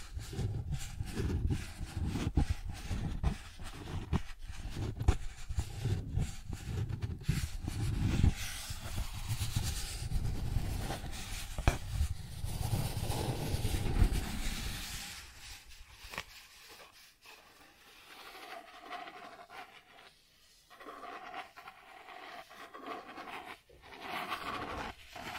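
Cardboard being scratched and rubbed, a dense rough scraping with many quick strokes and a heavy low rumble through the first fifteen seconds. After that the low rumble drops away, leaving thinner, sparser scratches and tracing sounds with short pauses until the end.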